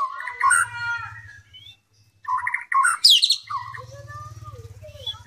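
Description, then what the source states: White-rumped shama song with rich warbled phrases and sharp high bursts, broken by a short pause, over a low buzzing hum. Shama song imitating canary and kingfisher (tengkek) phrases, the 'tembakan' style.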